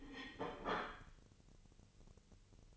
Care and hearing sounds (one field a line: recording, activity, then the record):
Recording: daily activity, microphone in the room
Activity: place plate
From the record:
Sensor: 4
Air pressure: 1008.3 hPa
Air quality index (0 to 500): 83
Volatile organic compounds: 1 ppm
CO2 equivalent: 654 ppm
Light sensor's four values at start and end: 12/28/11/11 and 12/28/11/11